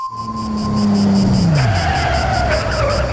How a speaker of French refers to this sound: Il est arrivé en voiture de sport.